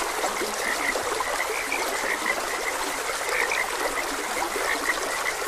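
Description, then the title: Frog chorus with many short, overlapping croaks repeating constantly above continuous flowing stream water. Frogs croaking beside a gentle stream. "Gentle Stream and Frogs Croaking"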